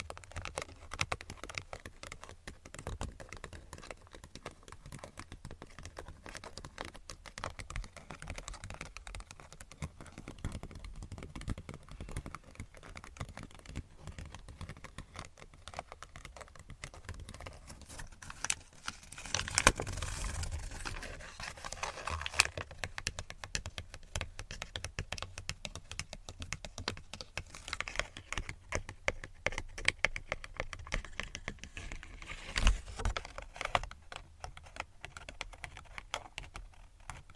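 Tapping and scratching go on steadily for the whole stretch, a dense run of quick, light clicks much like typing on a keyboard. Around the twentieth second a louder, rougher scrape swells briefly, and the taps grow a little busier toward the end.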